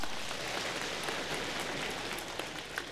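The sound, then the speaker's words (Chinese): A steady wash of applause from an audience of about eight or nine hundred at Peking University, dense overlapping claps at even loudness throughout, with a few sharper individual claps poking out near the end. No voices are heard. “哎呀，上来就有掌声啊，这掌声是给我的吗？”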